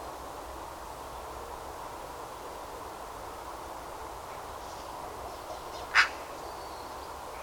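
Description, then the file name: Eurasian magpie giving a single short, rasping note near the end, against steady low background hiss. "Pica pica"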